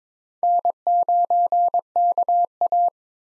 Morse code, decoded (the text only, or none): N9KA